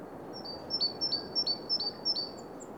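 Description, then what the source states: Bird repeating high, sharp double notes, a thin whistle then a lower down-slurred chip, six times in quick even succession over soft background hiss. Recorded in Oostduinen.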